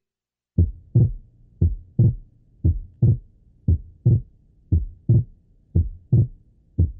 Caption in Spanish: En las comunicaciones intraauriculares, como consecuencia del cortocircuito existente a nivel de las aurículas, el ventrículo derecho siempre expulsa mayor cantidad de sangre que el ventrículo izquierdo. Debido a esto, la contracción ventricular derecha se prolonga más que la contracción ventricular izquierda, auscultándose un desdoblamiento anormal del segundo ruido durante la inspiración como consecuencia de un retraso en el segundo ruido pulmonar.